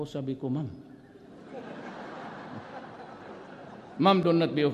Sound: laughter